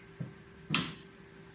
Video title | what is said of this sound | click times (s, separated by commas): Tribotesting using Mini Traction Machine (MTM) - University of Leeds | and then rotate the screw you would hear a click as | 0.8 s